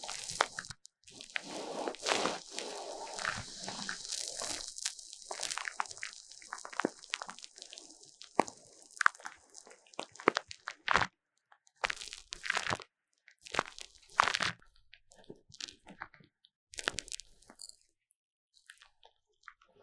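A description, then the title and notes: Foam is squeezed and rubbed in an ear massage, giving crisp, crunchy crackles and soft squishes. For the first ten seconds the rubbing is nearly continuous with a bright hiss; afterward it breaks into separate short squeezes every second or so, with brief silences between. 3Dio Foam and Tingly Ear Massage for Stress Relief. 耳朵泡沫按摩抒壓. NoTalking.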